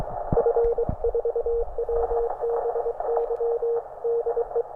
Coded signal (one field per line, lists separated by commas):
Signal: Morse code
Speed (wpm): 23 wpm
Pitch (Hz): 470 Hz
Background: radio noise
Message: F4WBY DE